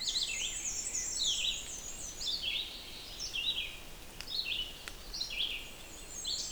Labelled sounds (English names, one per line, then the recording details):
Red-eyed Vireo song
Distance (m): 30 m
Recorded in boreal forest in Alberta, Canada, on 6 June 2016 at 07:31
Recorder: SongMeter 3, array SBT-3-51
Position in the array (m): 139 m, 89 m